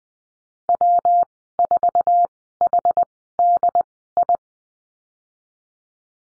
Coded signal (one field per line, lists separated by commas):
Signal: Morse code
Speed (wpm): 20 wpm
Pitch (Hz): 700 Hz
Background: none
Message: W4HDI